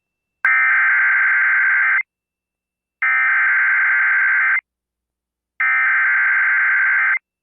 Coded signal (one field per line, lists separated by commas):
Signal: Emergency Alert System (SAME) tones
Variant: header bursts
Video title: Back For More? EAS Alerts From May 28-29, 2021 (EAS #1167-1176)